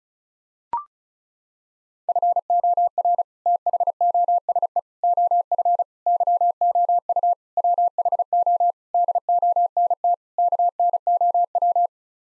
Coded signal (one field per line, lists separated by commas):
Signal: Morse code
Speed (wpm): 34 wpm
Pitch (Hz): 700 Hz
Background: none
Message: FOR THOSE OF YOU WHO DONT KNOW